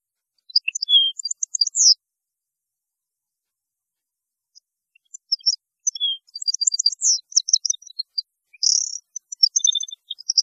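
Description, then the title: European goldfinch song: bright, tinkling high twitters and trills in two bursts, a short phrase then a long rambling run after a pause, on a silent background. "Chant Chardonneret"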